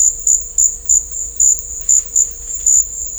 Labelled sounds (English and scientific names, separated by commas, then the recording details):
none
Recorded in dense forest near Puerto Asís, Putumayo, Colombia, on 21 December 2024 at 13:30
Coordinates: 0.500, -76.322
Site G053